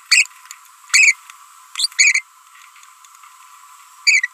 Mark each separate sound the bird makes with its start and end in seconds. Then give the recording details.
0.11-0.26, 0.90-1.14, 1.75-1.87, 1.99-2.21, 4.07-4.27. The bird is a female. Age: 27 days. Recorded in a nest box in Venezuela. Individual 17B42B2